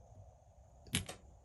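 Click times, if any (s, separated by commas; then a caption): 1.0 s. The slide release on a pistol is let go, and the slide snaps forward, chambering a round and locking the barrel into battery so the firearm is ready to fire. A sharp metallic slam at 0.9 s is the slide hitting home, followed by a fainter rattle at 1.1 s. The barrel is seated and locked.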